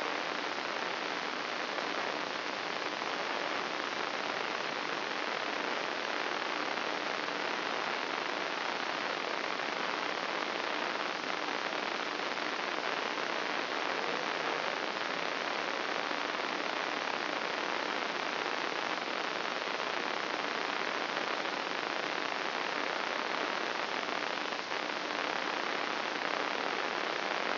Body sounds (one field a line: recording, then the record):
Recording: brain microelectrode recording played as sound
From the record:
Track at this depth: inside the subthalamic nucleus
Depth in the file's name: 3.366 mm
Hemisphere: left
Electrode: 3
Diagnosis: Parkinson's disease